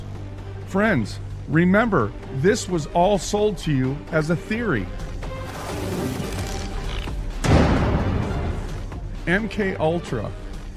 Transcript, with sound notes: Friends, remember, this was all sold to you as a theory. (paper rips)
(book slams) MKUltra.